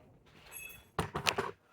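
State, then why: Seated. A plastic tail light assembly on a 2016-2024 Mazda CX-9, with its tab and pin lined up, is pressed forward toward the front of the vehicle into the body mounting tab. A loud thunk/snap at 0.99 s marks it locking into place, followed by a few quieter knocks and rattles around 1.3–1.4 s. The assembly is seated.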